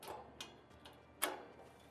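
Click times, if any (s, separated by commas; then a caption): 1.2 s. A metal locking pin is pushed through the patio deck bracket of a Cherokee Timberwolf 27MDK/27MDKBL trailer so the part cannot swing. A few faint ticks and clicks sound around 0.0, 0.4, 0.9 and 1.9 seconds, with a sharp, bright metallic tick at 1.2 seconds as the pin seats. The pin is locked into place.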